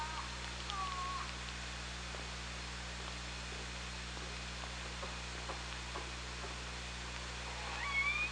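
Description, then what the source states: Killer whale calls, a falling tonal cry near the start and a rising whistled call at the end, separated by quiet hiss with faint clicks and low hum. OrcaLab hydrophone, 24 August 2017, 17:39:15.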